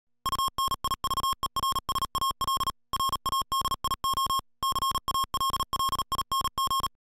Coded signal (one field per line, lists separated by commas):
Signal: Morse code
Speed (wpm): 38 wpm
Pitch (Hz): 1080 Hz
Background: music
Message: UNIVERSAL RADIO CALLING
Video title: Universal-Radio presents the Icom IC-2730A dual band transceiver